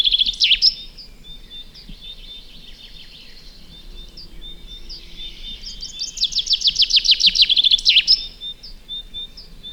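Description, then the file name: Common chaffinch: a loud burst of song at the start, then soft thin calls, then a full song phrase of fast notes ending in a flourish near eight seconds. "Fringilla coelebs"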